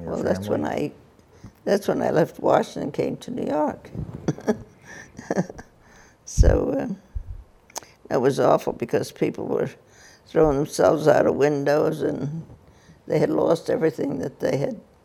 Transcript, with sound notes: Well that's when I - that's when I left Washington and came to New York. (laughs) So it was awful because people were throwing themselves out of windows and they had lost everything that they had